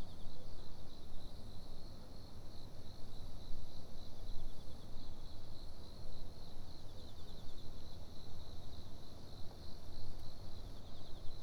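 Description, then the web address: Cricket chirping in a steady, unbroken pulsing trill that runs the whole way through, with a faint higher whine and constant low rumbling background noise. Recorded in the Fukushima University parking lot on 29 September 2011. "fukudai parking cricket"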